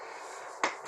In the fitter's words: you can actually push down i don't know if you heard that you heard a snap noise